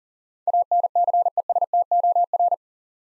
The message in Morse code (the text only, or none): ANCESTOR